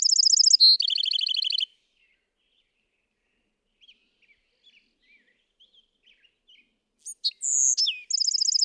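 Bewick's wren song: fast high trill dropping into a lower trill, a pause with soft scattered chips, then the next song beginning.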